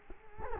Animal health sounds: mosquito wingbeat signal from an infrared sensor; Culex quinquefasciatus

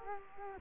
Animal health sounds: mosquito wingbeat signal from an infrared sensor; Culex quinquefasciatus

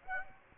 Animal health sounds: mosquito wingbeat signal from an infrared sensor; Aedes aegypti

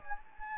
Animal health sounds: mosquito wingbeat signal from an infrared sensor; Anopheles gambiae

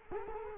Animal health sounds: mosquito wingbeat signal from an infrared sensor; Culex quinquefasciatus

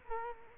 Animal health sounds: mosquito wingbeat signal from an infrared sensor; Culex quinquefasciatus

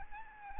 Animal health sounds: mosquito wingbeat signal from an infrared sensor; Aedes albopictus

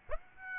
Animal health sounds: mosquito wingbeat signal from an infrared sensor; Aedes aegypti

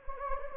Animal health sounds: mosquito wingbeat signal from an infrared sensor; Anopheles gambiae

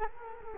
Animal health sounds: mosquito wingbeat signal from an infrared sensor; Culex quinquefasciatus

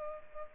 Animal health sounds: mosquito wingbeat signal from an infrared sensor; Culex pipiens

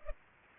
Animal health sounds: mosquito wingbeat signal from an infrared sensor; Culex pipiens

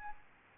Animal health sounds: mosquito wingbeat signal from an infrared sensor; Aedes albopictus

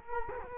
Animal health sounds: mosquito wingbeat signal from an infrared sensor; Culex quinquefasciatus

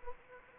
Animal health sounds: mosquito wingbeat signal from an infrared sensor; Anopheles gambiae

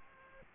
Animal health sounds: mosquito wingbeat signal from an infrared sensor; Aedes aegypti

